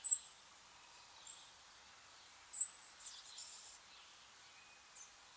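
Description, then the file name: European robin giving thin, very high-pitched call notes at irregular intervals, with a brief rougher burst of high sound midway through. "Erithacus rubecula"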